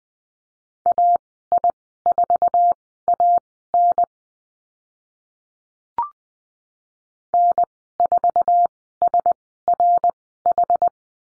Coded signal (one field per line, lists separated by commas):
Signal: Morse code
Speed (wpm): 20 wpm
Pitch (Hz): 700 Hz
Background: none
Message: AI4AN N4SRH